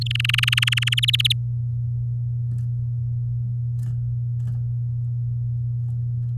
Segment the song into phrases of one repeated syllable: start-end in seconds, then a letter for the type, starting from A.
0.01-1.00 A, 1.02-1.32 B